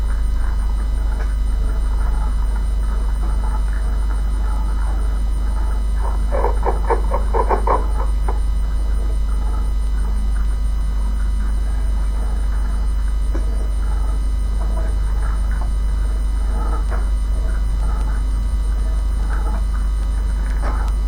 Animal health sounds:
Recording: poultry house recording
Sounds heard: sick chickens (respiratory disease)

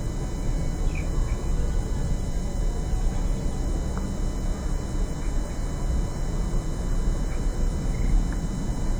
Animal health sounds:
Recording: poultry house recording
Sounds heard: healthy chickens

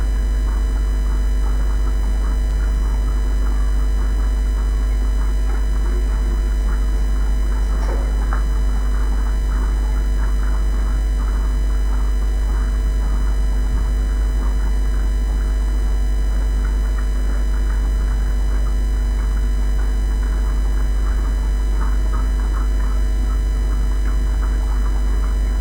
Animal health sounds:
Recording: poultry house recording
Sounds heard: sick chickens (respiratory disease)

